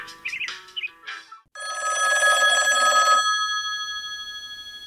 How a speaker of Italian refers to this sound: Il loro telefonino squillava sempre, sempre. Tutti li chiamavano, aiuto, aiuto.